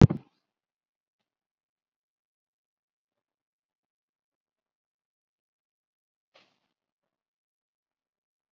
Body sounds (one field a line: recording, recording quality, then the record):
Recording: shallow breathing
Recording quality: poor, much background noise or distortion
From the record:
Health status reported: COVID-19 positive, mild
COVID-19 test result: positive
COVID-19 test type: RT-PCR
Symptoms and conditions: hypertension, diabetes, another condition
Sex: female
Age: 44 years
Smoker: no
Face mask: worn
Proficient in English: yes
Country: India